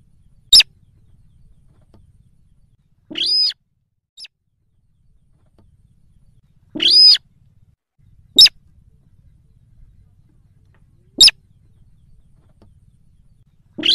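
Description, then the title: Yellow-vented Bulbul calls: short sharp chips mixed with brief harsh harmonic notes, irregularly repeated every one to three seconds, over a quiet background. Lure recording for trapping birds. "PIKAT TRUCUKAN"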